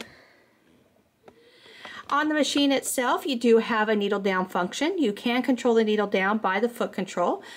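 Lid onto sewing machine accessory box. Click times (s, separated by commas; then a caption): 0.0 s. The plastic lid of a Brilliance 75Q sewing machine's accessory box is closed and clicks shut at 0.0 s, seating fully. After a brief quiet stretch and a small tap at 1.3 s, someone talks.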